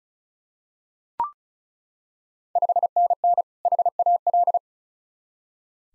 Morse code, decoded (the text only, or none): 5NN HAL